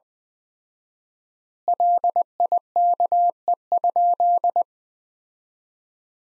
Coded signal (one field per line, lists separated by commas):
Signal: Morse code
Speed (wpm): 20 wpm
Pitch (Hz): 700 Hz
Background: none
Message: LIKE?